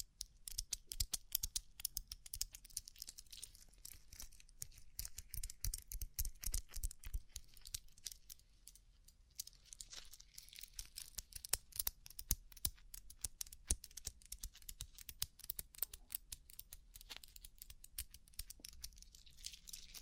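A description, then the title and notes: Tapping on a rhinestone-covered surface, a dense stream of quick, sharp clicks that runs the full length with no real pauses. The taps are bright and crisp, busiest in the first half, with a faint scratchy crinkle and a low hum underneath. ASMR Rhinestone Covered Tapping 3Dio (No Talking).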